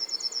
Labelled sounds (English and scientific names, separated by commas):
Yellowhammer (Emberiza citrinella) song